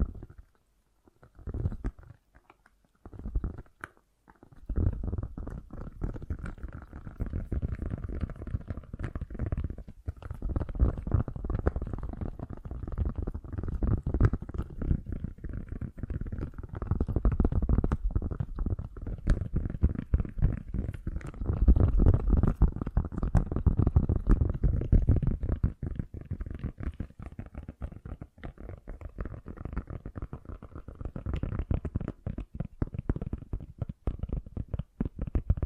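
Fast, gentle tapping runs almost without pause, a dense patter of soft, low, muffled hits. After a few sparse taps in the first four seconds it settles into a steady rush, easing slightly near the end, with brief gaps around ten and twenty-five seconds.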